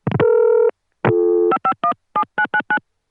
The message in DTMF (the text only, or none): 5517999